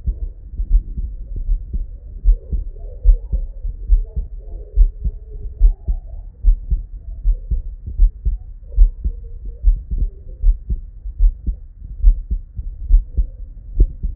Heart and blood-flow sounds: heart sounds by stethoscope; Erb's point; 79 bpm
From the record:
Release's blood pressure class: hypertension stage 1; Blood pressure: 132/73 mmHg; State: at rest

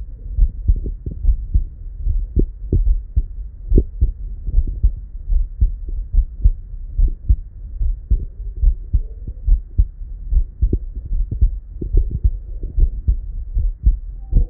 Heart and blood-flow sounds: heart sounds by stethoscope; Erb's point; 72 bpm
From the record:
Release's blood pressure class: elevated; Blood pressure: 121/75 mmHg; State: at rest

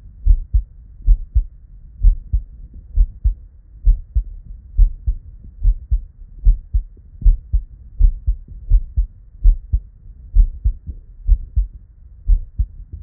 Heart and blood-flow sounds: heart sounds by stethoscope; Erb's point; 69 bpm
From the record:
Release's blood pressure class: normal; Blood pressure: 115/56 mmHg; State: at rest

